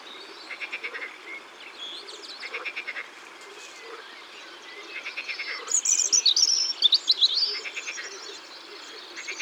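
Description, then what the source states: European robin song, a high thin tinkling phrase of quick varied notes after six seconds, over a steady background of repeated pulsed trills. Recorded in Ardèche, France.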